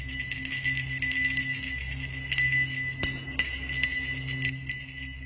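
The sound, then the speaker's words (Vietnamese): A small bell hanging on a fortune-telling banner jingles with bright, high ringing tones that hang steadily, broken by a few sharper strikes midway, over a low rumbling hum with no voices. “Quả chuông nhỏ treo trên lá cờ có ghi 4 chữ xem bói âm dương bỗng nhiên kêu lên leng ca leng keng.”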